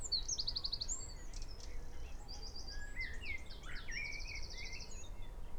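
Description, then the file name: Eurasian wren song: a brisk high trill, then a mix of rapid notes and another rattling trill, with lower slurred calls over a low rumble. "Troglodytes troglodytes"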